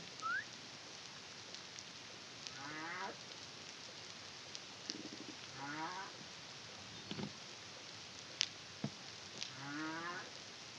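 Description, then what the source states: Humpback whale song: short pulsed, buzzy units recurring every few seconds, mixed with sharp clicks and snaps in constant hiss. Song recorded by the CARIMAM project in the Caribbean in 2023.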